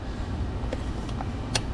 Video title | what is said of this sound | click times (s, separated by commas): DURAMAX broke down! Big Money! Sierra 6.6 Turbo Diesel Fuel System P0204 P0300 | audible click that's | 1.6 s